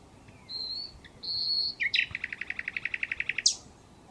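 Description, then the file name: Common nightingale song beginning with two long, pure, level whistles, followed by a steady, rhythmic series of many rapid notes and a final sharp note. "Luscinia megarhynchos"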